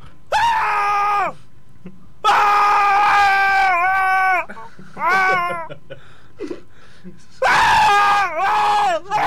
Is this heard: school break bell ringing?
no